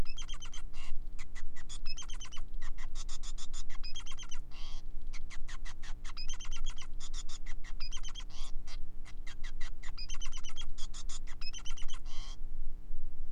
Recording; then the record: song of a male Bengalese finch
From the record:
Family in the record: son of father 5